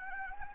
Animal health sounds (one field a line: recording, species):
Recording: mosquito wingbeat signal from an infrared sensor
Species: Anopheles gambiae